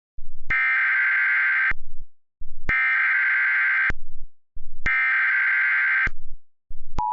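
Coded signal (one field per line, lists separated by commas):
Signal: Emergency Alert System (SAME) tones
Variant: header bursts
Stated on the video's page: Remake of a flash flood EAS alert, not a real broadcast.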